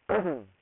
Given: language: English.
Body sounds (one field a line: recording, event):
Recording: throat vibration sensor signal played as sound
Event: throat clearing